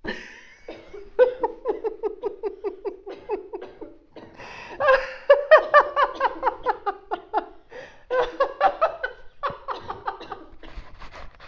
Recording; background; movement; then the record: laughter; a bystander coughing; sitting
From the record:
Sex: female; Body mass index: 21.8 kg/m2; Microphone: on the chest, facing outward